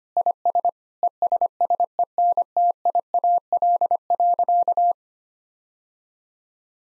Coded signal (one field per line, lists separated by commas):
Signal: Morse code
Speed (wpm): 25 wpm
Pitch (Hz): 700 Hz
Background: none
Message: IS ESSENTIAL.